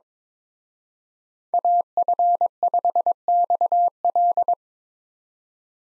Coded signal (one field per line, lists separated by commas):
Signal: Morse code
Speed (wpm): 25 wpm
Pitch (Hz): 700 Hz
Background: none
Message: AF5XL